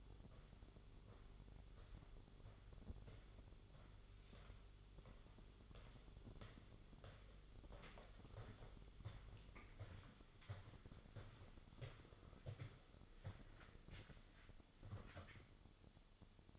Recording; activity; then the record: daily activity, microphone in the room; walk to room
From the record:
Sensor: 4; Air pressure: 1009.0 hPa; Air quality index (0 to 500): 144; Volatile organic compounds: 2 ppm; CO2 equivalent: 1042 ppm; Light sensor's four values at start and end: 13/31/12/12 and 12/27/11/10